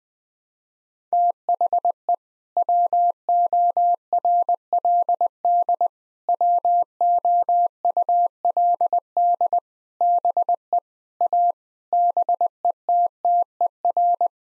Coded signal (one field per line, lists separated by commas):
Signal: Morse code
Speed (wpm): 20 wpm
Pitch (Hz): 700 Hz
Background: none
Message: THE WORLD WOULD BE A BETTER